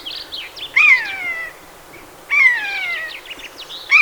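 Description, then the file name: Eurasian jay producing repeated descending mewing calls, two full and a third just beginning, interspersed with short, rasping chatter notes. "Garrulus glandarius"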